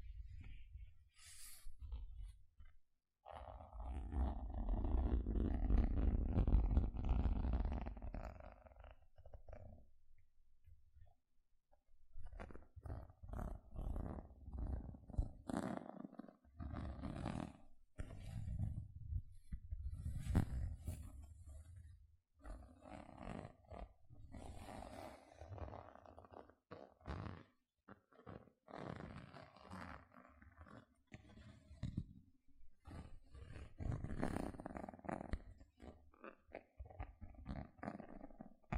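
Gentle scratching in uneven bursts and pauses, opening with a long low rumbling swell, then continuing as soft scraping strokes with brief gaps.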